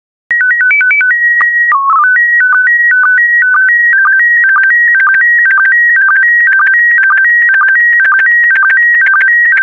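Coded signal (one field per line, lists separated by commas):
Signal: SSTV (slow-scan television)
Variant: PD 120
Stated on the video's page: PD120-mode SSTV practice transmissions made for listeners to decode, sets of four images from a stock photo collection.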